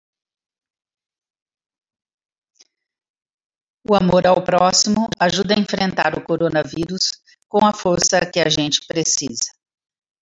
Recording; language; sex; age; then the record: spoken sentence; Brazilian Portuguese; female; 50 to 59 years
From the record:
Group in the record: control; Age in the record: 58 years